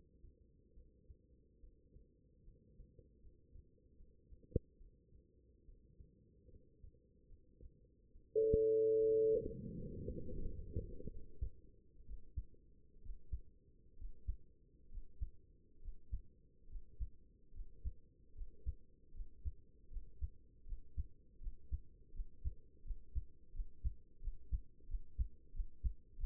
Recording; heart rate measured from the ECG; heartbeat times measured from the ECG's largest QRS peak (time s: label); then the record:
heart sounds by stethoscope; 76 bpm
0.73 s: heartbeat
1.60 s: heartbeat
2.44 s: heartbeat
3.20 s: heartbeat
3.96 s: heartbeat
4.77 s: heartbeat
5.64 s: heartbeat
6.49 s: heartbeat
7.27 s: heartbeat
8.11 s: heartbeat
8.99 s: heartbeat
9.75 s: heartbeat
10.44 s: heartbeat
11.10 s: heartbeat
12.05 s: heartbeat
13.01 s: heartbeat
13.96 s: heartbeat
14.89 s: heartbeat
15.79 s: heartbeat
16.67 s: heartbeat
17.51 s: heartbeat
18.32 s: heartbeat
19.11 s: heartbeat
19.88 s: heartbeat
20.64 s: heartbeat
21.38 s: heartbeat
22.11 s: heartbeat
22.82 s: heartbeat
23.52 s: heartbeat
24.19 s: heartbeat
24.86 s: heartbeat
25.52 s: heartbeat
26.16 s: heartbeat
From the record:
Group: healthy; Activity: rest 0-8 s, breath hold 8-26 s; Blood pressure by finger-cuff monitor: 93/63 mmHg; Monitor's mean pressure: 78 mmHg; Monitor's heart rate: 74 bpm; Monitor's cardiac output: 6.3 L/min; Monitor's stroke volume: 90 mL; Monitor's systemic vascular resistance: 850 dyn s/cm5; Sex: female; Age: 23 years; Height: 160 cm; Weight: 50.4 kg